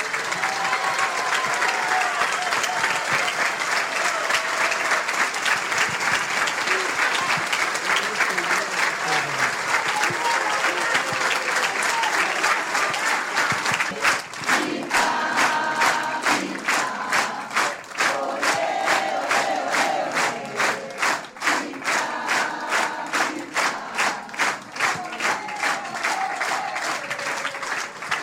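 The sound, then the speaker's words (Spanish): A large crowd, asked to stand, bursts into loud, sustained applause mixed with cheers for Mirta Baravalle, a founding member of the Madres de Plaza de Mayo who just turned 94; halfway through the clapping settles into a steady, rhythmic unison beat that continues to the end. “Sobre todos los jueves en la plaza, así que quería abrazar con todo mi alma, y si se puede poner de pie para que todos la aplaudamos, a Mirta Baravalle.”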